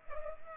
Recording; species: mosquito wingbeat signal from an infrared sensor; Culex pipiens